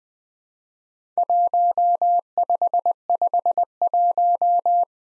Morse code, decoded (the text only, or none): 1551